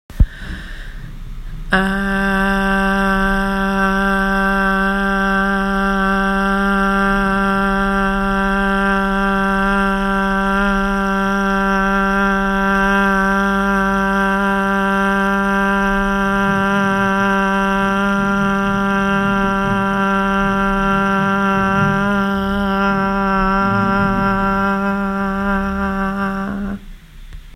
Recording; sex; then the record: sustained vowel /a/; female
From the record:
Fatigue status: no fatigue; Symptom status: asymptomatic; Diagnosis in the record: COVID-19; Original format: m4a